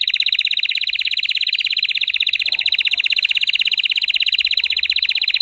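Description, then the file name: Canary song: a loud, continuous rolling trill of rapid notes, held steadily throughout. Belgian canary, red frosted colour variety. "canto do canario belga vermelho nevado"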